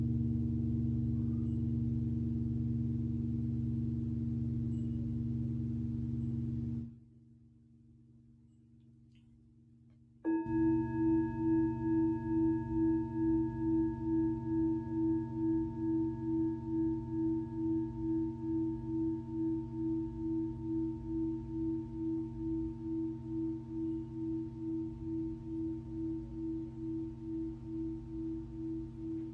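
A singing bowl rings with a steady low hum and clear overtones for about seven seconds, then drops to near silence. Around ten seconds a bowl is struck again, bringing a bright ringing tone with a slow pulsing wobble that fades gradually toward the end.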